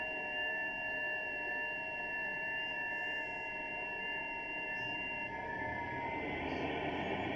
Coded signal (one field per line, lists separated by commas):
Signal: FT8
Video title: FT8 with no soundcard? On an iPhone? YEP!